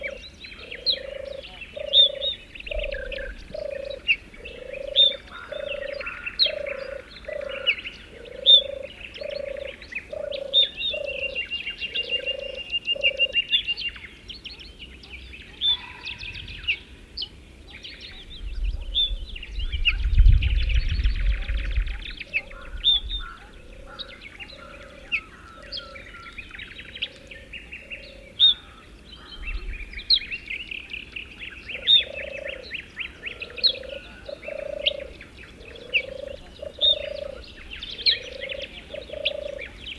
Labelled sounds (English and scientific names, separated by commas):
Ortolan Bunting (Emberiza hortulana)